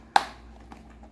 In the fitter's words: Tá tudo encaixado, tá tudo certo.